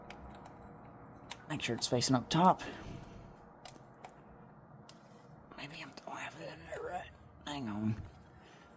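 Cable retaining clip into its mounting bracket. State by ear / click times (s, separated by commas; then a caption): not seated / none. During a 2007–2009 Hyundai Santa Fe 3.3L starter replacement, the plastic retaining clip for the starter/battery cable is lined up again by hand against its mounting bracket because it doesn't seem to be in right. Someone talks while faint, short handling taps and rustles are heard. The clip has not seated or clicked yet.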